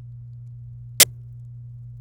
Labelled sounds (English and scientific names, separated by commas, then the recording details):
Domestic Canary (Serinus canaria) song
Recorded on 26 April 2018 at 16:13
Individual llb3